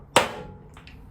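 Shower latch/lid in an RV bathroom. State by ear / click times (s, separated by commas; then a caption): seated / 0.2 s. A shower latch or lid in the bathroom of a 2022 Cedar Creek Cottage 40CRS RV is pushed all the way down and gives one loud, sharp click at 0.2 s. Two much fainter ticks follow at about 0.8 and 0.9 s. The big click means the shower part is fully down and locked into place, not just a faint little click that isn't enough.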